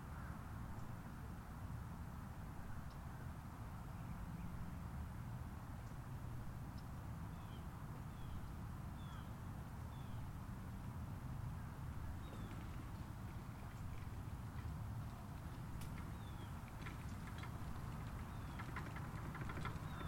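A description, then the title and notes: Outdoor ambience at a golf course in Palm Harbor, Florida, dominated by a steady low rumble of passing traffic that never lets up. Small bird chirps come through intermittently above it, growing a little busier toward the end, with a few faint clicks scattered throughout. Golf Course, Palm Harbor FL.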